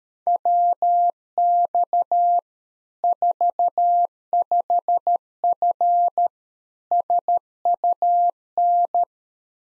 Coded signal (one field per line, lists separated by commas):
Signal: Morse code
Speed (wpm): 13 wpm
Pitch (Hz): 700 Hz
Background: none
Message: WX 45F SUN